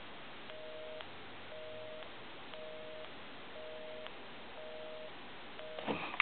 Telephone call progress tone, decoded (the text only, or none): busy tone